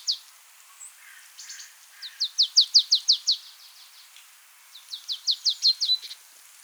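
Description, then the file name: Marsh tit with fast strings of high, downslurred chipping notes in two bursts, preceded by a few soft lower buzzy notes. "Poecile palustris"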